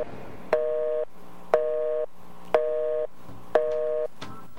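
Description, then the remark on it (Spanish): A radio station's telephone, not working at the moment, gives a busy signal: four steady tone bursts, each about half a second long, separated by equal gaps of silence in a regular repeating pattern, with no voices present. “La verdad que el teléfono no anda en este momento de la emisora, así que no nos van a poder dejar sus impresiones,”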